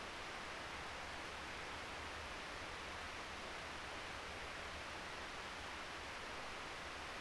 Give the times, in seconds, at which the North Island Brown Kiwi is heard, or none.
none